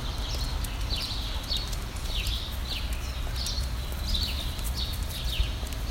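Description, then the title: Bird chirping, bright downward-slurred notes repeated steadily, set against continuous low rumbling. "Birds Chirping Meditation"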